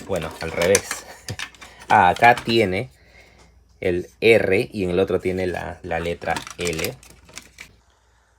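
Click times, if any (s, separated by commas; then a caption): 7.4 s, 7.6 s. An armor part is fitted into a vintage transforming toy jet figure while someone talks. Two short, sharp hits sound at 7.4 s and 7.6 s as the part seats and fits perfectly.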